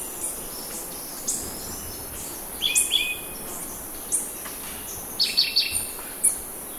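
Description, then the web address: Orange-bellied euphonia: short high notes at irregular intervals, including a quick run of three bright chips near the end. Ecuador. "Natures Songs S America Birds of Ecuador Orange-bellied Euphonia"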